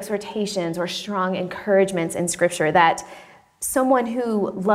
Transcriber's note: none